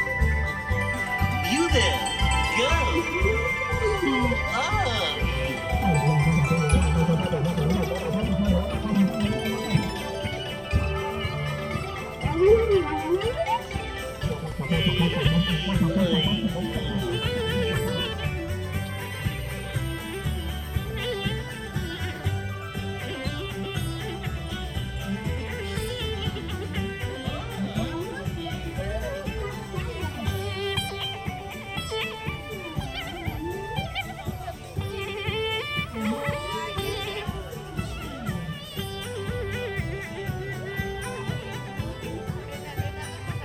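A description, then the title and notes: Music from the Main Street Electrical Parade plays without a break, full and steady in loudness. Bright, tinkly tones and sliding, voice-like melody lines ride over a thick low pulse, most prominent between about five and twenty seconds, easing slightly toward the end. The Main Street Electrical Parade (Disneyland) Binaural Recording.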